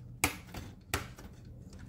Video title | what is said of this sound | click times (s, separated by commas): DIY NAS bulid with old dell pc | Let's put it in. You're going to want to hear the click. | 0.2 s, 0.9 s